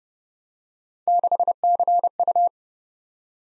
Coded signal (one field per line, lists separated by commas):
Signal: Morse code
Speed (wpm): 27 wpm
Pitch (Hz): 700 Hz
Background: none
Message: 6CU